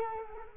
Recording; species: mosquito wingbeat signal from an infrared sensor; Culex quinquefasciatus